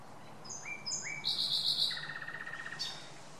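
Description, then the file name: Common nightingale phrase of thin whistles, a fast burst of repeated notes and a rapid trill, all within a few seconds. "Luscinia megarhynchos"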